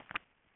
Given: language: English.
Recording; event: throat vibration sensor signal played as sound; swallow